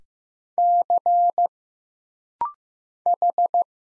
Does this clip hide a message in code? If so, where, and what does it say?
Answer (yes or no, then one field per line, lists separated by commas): yes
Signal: Morse code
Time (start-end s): 0.6-3.6 s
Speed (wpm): 15 wpm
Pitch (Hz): 700 Hz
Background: none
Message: C H